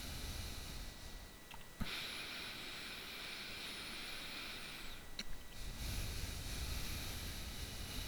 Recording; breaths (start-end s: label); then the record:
nose breathing near a microphone
0.00-1.54 s: exhalation
1.54-5.41 s: inhalation
5.41-8.08 s: exhalation
From the record:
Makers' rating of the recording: bad